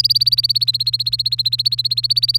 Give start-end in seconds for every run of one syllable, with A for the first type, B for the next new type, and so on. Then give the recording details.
0.00-2.39 A. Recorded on 3 May 2018 at 13:36. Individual llb3